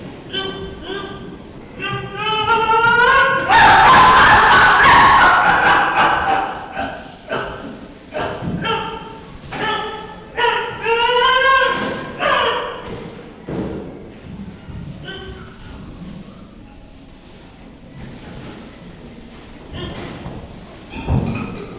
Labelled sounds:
Chimpanzee
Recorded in captivity
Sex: pair
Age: adult
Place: Tierpark Berlin, Berlin, DE
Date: 1966-09-21
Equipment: Tonbandgerät v. Herrn Lippert ausgeliehen
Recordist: unbekannt, keine Angabe

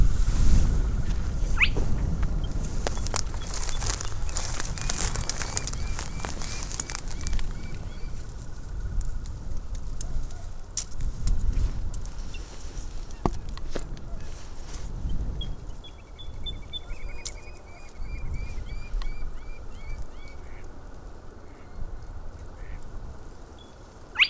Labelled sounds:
Spotted Crake
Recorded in the wild
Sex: male
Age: adult
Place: Falkenberger Rieselfelder, Barnim, Berlin, DE
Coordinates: 52.58, 13.5544
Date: 1995-04-30 21:45
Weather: bedeckt, ca. 10°C, schwacher bis mäßiger Wind
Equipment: Sony TCD-D3, Sennheiser ME 80, K 30 AV (III), Windschutz
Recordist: Frommolt, Karl-Heinz

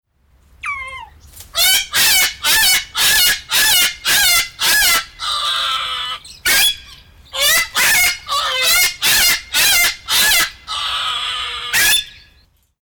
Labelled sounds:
Salmon-crested Cockatoo
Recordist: Tembrock, Günter
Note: komplexe Rufreihe

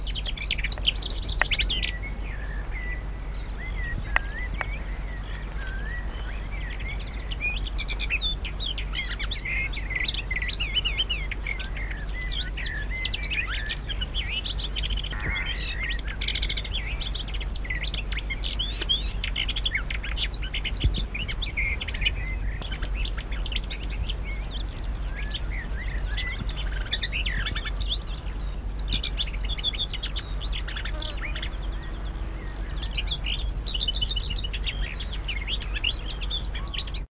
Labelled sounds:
Lesser Whitethroat call
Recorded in the wild
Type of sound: call
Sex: group
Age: subadult
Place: Klein Heidorn (Wunstorf), Niedersachsen, DE
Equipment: Halbspur, 9,5 cm/s
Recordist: Lütgens, Hans
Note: Lauter flügge Klappergrasmücken

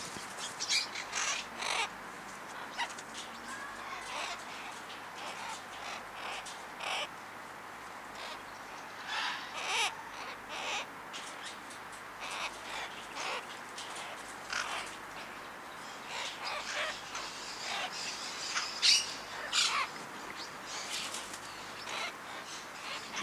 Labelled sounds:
Red-shouldered Macaw contact call
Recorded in captivity
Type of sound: contact call
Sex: group
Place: Tiergarten Wilhelma/Stuttgart, Baden-Württemberg, DE
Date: 2004-10-03 18:35
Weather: bedeckt - heiter, 17°C
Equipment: Sony WM-D6C, Sennheiser ME 80, Kopie Uher 4000 Report Monitor
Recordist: Tembrock, Günter
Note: Drei Tiere: Kontaktlaute

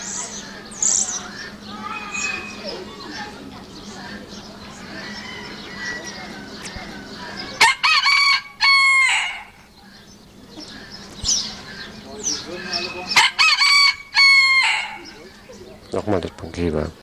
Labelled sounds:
Red Junglefowl
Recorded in captivity
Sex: male
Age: adult
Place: Zoo Berlin, Berlin, DE
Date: 1986-05-02
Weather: sonnig, 12°C
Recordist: Tembrock, Günter

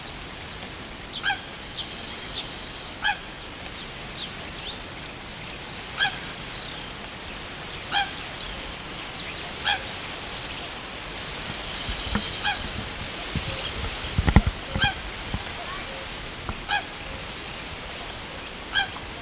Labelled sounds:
Eurasian Coot call
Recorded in the wild
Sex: female
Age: adult
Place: Mühlenbecker Land, OT Mönchmühle, Brandenburg, DE
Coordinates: 52.6464, 13.3944
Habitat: pond
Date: 1988-06-04 10:30
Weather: bedeckt, 18-20°C, Wind
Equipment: Nagra SN, Kopie Tesla B 116
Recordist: Tembrock, Günter

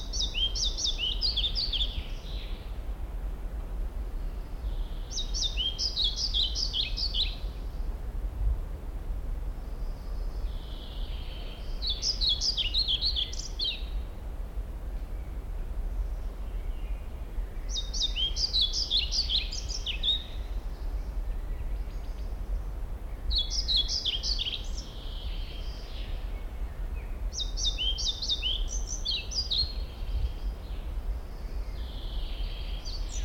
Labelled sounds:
European Pied Flycatcher
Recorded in the wild
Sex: male
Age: adult
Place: Mühlenbecker Wald, Brandenburg, DE
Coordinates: 52.689, 13.356
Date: 1993-05-08
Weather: sonnig, ca. 23 °C
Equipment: Marantz CP 430, Sennheiser ME 80, Kopie Uher Variocord 263
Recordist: Tembrock, Günter

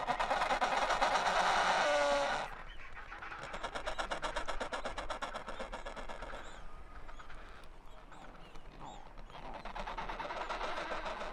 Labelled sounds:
Adelie Penguin call
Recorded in the wild
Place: Kopaitic Island, Antarctica, AQ
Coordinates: -63.18, -57.55
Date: 2019-01-01
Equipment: Olympus LS-100, Sennheiser ME66
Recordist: Beaulieu, Michaël

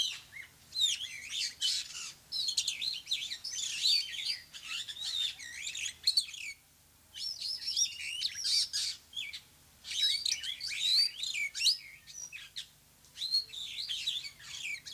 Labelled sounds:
Superb Starling song
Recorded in captivity
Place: Zoo Berlin, Berlin, DE
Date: 2003-09-05 13:23
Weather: fair, ca. 22°C
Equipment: Fair Mate ST-1328 (Asahi Electronics, Japan), Sennheiser ME 80, Kopie Uher 4000 Report Monitor
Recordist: Tembrock, Günter

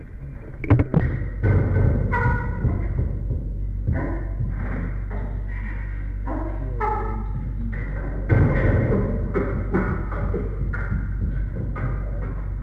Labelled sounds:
Chimpanzee
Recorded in captivity
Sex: diverse
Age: adult
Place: Tierpark Berlin, Berlin, DE
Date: 1961-01-16
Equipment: Smaragd
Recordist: Korde and Stein

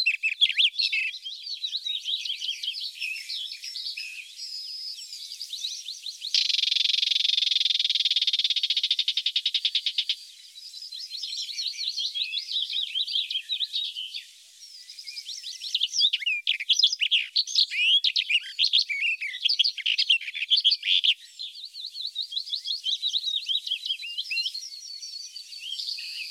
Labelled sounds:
Barred Warbler song
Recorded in the wild
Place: Flögelner See, Schleswig-Holstein, DE
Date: 1981-06-05
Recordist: Schwarz, Dieter
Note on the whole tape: Song

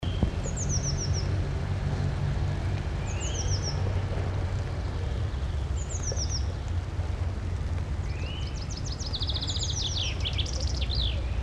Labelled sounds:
Common Chaffinch song
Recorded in the wild
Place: Garmisch-Partenkirchen, Bayern, DE
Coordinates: 47.4808, 11.0461
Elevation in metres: 736
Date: 1980-04-01
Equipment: Uher 4000, Sennheiser MKH 415 T
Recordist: Tretzel, Erwin
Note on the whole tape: Abzweigung Grainau - Reutte: Gesang "widwidzkedieja" und "witzbegier"

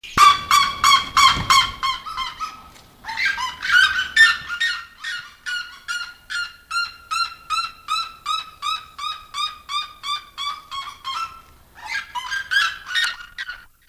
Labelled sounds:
Black-legged Seriema call
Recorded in captivity
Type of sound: call sequence
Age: adult
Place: Zoo Berlin, Berlin, DE
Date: 2001-01-05 13:29
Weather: overcast, 5°C
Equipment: Nagra SN, Kopie Uher 4000 Report Monitor
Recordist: Tembrock, Günter
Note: Zwei Tiere: Rufreihe (kurz, da Bandende!)

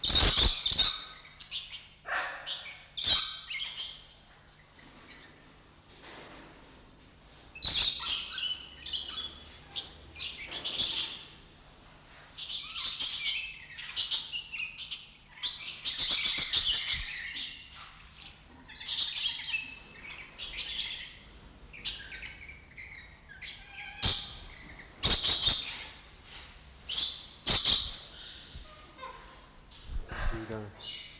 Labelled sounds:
Coconut Lorikeet
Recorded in captivity
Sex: group
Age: adult
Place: Zoo Berlin, Berlin, DE
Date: 1994-02-11 11:33
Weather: Bedeckt, 4°C
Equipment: Marantz CP 130, Sennheiser ME 80, Kopie Uher Variocord 263
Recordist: Tembrock, Günter

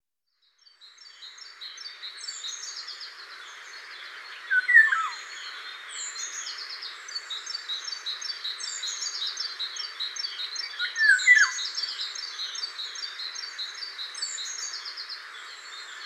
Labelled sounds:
Eurasian Golden Oriole song
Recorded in the wild
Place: Damtschik/Wolgadelta, RU
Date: 2006-05-22
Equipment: MiniDisc Sharp MT 20 H
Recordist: Schwarz, Dieter

